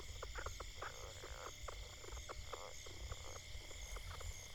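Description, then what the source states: Frogs calling with short, separate pulsed croaks and brief rattles, spaced irregularly through the recording over low rumble and hiss. Frogs going crazy.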